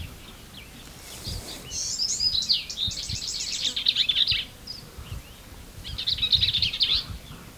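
Bell's vireo delivering a long, fast, buzzy jumble of notes lasting over two seconds, then a shorter chattering phrase, against a low background rumble.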